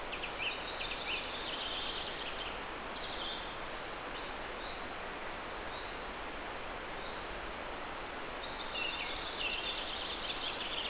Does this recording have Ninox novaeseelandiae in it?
no